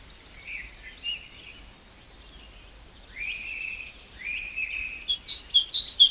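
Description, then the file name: Great tit calls: drawn-out tonal notes at a steady pitch, then a quick series of short, higher chipping notes at the end, over faint background hiss. "Parus major"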